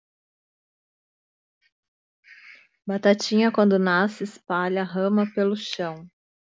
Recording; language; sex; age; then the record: short text; Brazilian Portuguese; female; 40 to 49 years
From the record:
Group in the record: control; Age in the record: 44 years